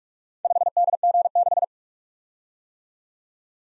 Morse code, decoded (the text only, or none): 5DG6